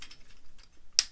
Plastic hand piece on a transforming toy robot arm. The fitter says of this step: hands inside there just simply slide out and click